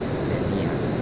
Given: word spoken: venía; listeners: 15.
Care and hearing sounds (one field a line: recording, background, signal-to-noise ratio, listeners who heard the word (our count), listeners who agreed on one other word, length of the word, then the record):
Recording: one Spanish word in noise, from a listening test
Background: speech-shaped noise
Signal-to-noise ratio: -5.5 dB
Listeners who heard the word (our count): 0 of 15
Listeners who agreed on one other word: 9 of 15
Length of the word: 0.62 s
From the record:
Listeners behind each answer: 9, 1, 1, 1, 1, 1, 1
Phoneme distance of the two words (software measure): 20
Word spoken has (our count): 3 syllables, 5 phonemes, stress on syllable 2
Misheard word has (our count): 2 syllables, 5 phonemes, stress on syllable 1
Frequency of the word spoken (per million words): 52.83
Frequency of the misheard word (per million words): 1.84